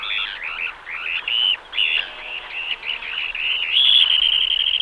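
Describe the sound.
Dunlin song: a string of quick, wheezy upslurred notes building into a fast, ringing trill near the end.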